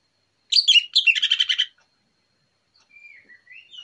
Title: Pancingan Anis Merah Plong Santai Pagi Hari